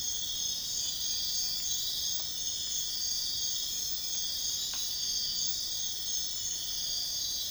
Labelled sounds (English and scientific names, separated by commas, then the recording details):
none
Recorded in dense forest near Puerto Asís, Putumayo, Colombia, on 18 February 2024 at 05:00
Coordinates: 0.502, -76.324
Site G6370